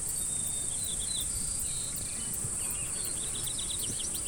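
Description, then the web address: Cricket chorus as a steady high-pitched trill throughout, with scattered bird chirps and low rumbling background noise. Recorded in Montana in 2013, with birds also present. "Montana 2013 13 Crickets Birds And Bells"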